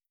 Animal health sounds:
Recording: hydrophone in a shrimp aquaculture tank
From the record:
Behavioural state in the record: starved

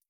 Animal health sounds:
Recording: hydrophone in a shrimp aquaculture tank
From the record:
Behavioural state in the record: feeding

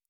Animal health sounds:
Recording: hydrophone in a shrimp aquaculture tank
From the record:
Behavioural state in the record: normal

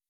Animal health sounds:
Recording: hydrophone in a shrimp aquaculture tank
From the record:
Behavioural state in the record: weakened

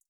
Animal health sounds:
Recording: hydrophone in a shrimp aquaculture tank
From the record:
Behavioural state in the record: feeding

